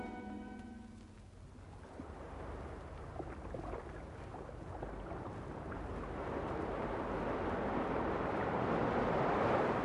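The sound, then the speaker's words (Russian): Wind gusting over the sea flaps the sails of boats sailing from the shore to the island of Saint Samson, one sail white and one red, in irregular bursts, with a steady rushing wash of surf beneath that slowly swells louder, and a brief held tone at the very start. “Полощет ветер паруса, белый знак Тристана, алый могучего рыцаря знак.”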